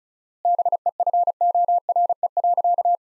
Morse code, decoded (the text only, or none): BEFORE.